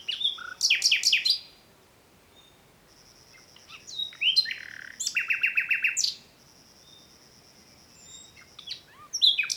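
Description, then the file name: Common nightingale song in varied bursts: rapid rattling clicks, pure held whistles and a loud buzzy trill, with short silent gaps between phrases. "Luscinia megarhynchos"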